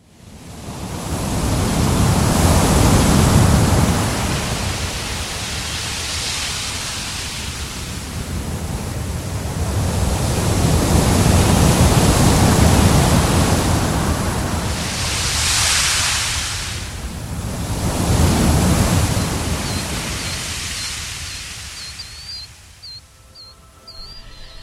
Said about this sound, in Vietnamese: Ngày xưa, có một chú khỉ đuôi dài, sống bên bờ biển xanh, ngày đêm rì rào tiếng sóng.